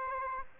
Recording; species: mosquito wingbeat signal from an infrared sensor; Aedes aegypti